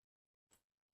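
An accessory holder for a wall-mounted shop vacuum, with plastic pressure clips on its back, is handled against its wall-mounted accessory plate. Faint scattered ticks and a short rustling swell around 0.5 to 0.6 seconds are heard. Nothing has seated or clicked yet.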